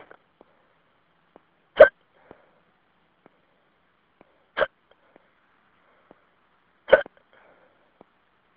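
Three sharp, abrupt hiccups from an adult, about every two and a half seconds, left as a phone message over a quiet line.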